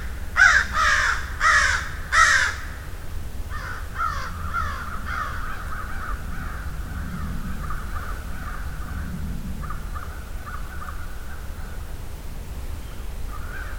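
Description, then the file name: Crows giving three loud harsh caws, then a fainter run of caws. Field recording of a flock of crows. "Murder Of Crows"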